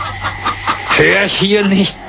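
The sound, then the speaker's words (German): Chickens cackle: a few short, rhythmic clucks lead into a louder, drawn-out warbling squawk with a wavering, rising and falling pitch. “Ja, das war Hühnergekacker.”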